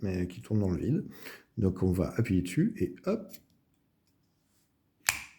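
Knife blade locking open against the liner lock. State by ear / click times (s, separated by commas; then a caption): seated / 5.1 s. Someone talks as a Camillus CUDA system folding knife is opened one-handed by pressing a rotating thumb stud along its groove, and then there is a quiet pause. At 5.1 s a single sharp metallic click rings out as the blade swings open and the metal liner lock snaps in behind it, locking the blade in place.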